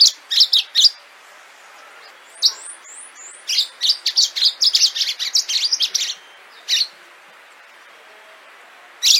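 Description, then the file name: Orange-fronted yellow finch song: clusters of high, bright chirps, a run of thin whistled notes, then a rapid stream of chirps, followed by quiet gaps with single chirps. "canto do canario do amazonas"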